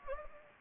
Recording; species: mosquito wingbeat signal from an infrared sensor; Anopheles gambiae